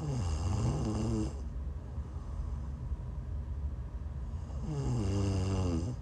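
An adult woman snoring in her sleep: two loud, low, rattling snores on inhalation, separated by a quiet pause of about three seconds.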